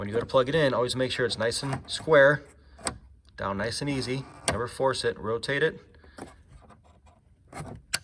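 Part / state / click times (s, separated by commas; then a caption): wiring harness connector into rear fuse and relay module / seated / 7.9 s. A plastic multi-pin wiring harness connector is set square and pushed down into the rear fuse and relay module (rear SAM) of a Mercedes-Benz R-Class W251, and its lever is rotated while someone talks. A sharp click at 7.9 s marks the connector seating home.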